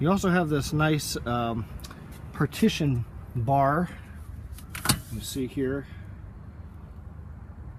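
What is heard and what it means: In the cargo area of a 2016 Toyota RAV4, the rear cargo cover partition bar is fitted into its side mounts while someone talks. Two sharp hits at 4.8 s and 4.9 s mark the bar snapping into place, and it is confirmed seated.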